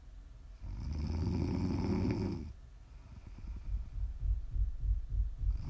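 A loud, low, rattling snore fills a two-second in-breath, followed by a softer fluttering out-breath lasting about three seconds before the next snoring inhalation begins. This is ordinary sleep snoring from a sleeping adult, offered as ASMR snoring for sleep and relaxation.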